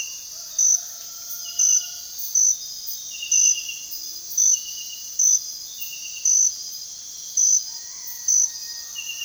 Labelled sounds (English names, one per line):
none